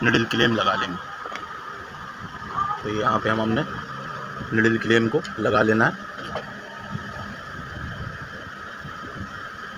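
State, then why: Not seated. A needle clamp is being positioned on the lower end of the needle bar of a Lijya flatlock sewing machine, lined up before fitting. Someone talks while it is handled, with no sharp impacts, and the clamp has not yet seated or clicked into place.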